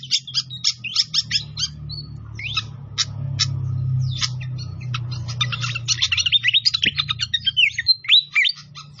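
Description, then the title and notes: Pied fantail song: dense bursts of sharp high chirps and quick rising and falling whistles, with a low steady hum underneath. Masteran (training recording) with a clear voice. "Masteran Sikatan Kipas Suara Jernih Dan Suara Gemericik Air. Suara Burung Sikatan Londo"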